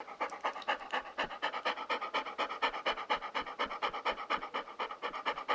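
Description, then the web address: Golden Retriever panting, rapid steady breaths repeated throughout, with no other sounds. "Sound Effects-Foundation 1 ANIMAL DOG GOLDEN RETRIEVER DOTTI PANT"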